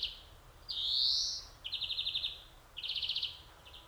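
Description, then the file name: European greenfinch giving a drawn-out wheezy buzz, followed by rapid trilled twitters about a second apart. "Chloris chloris"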